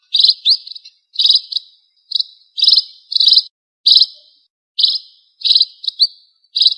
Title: Erythrura Psittacea